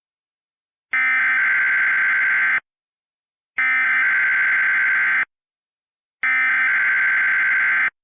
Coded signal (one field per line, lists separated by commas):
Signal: Emergency Alert System (SAME) tones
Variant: header bursts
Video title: *VALID TONES* Hurricane Ida EAS Compilation (EAS Remakes)